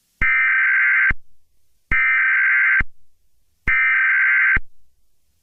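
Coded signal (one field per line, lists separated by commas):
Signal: Emergency Alert System (SAME) tones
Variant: header bursts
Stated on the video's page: Fictional EAS scenario with simulated alert tones.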